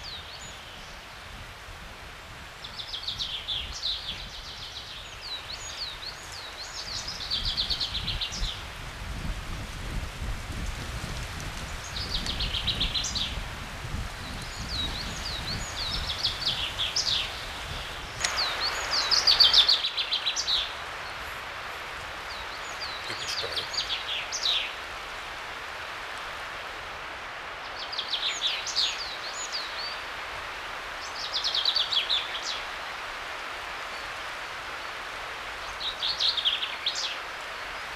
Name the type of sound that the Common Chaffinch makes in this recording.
song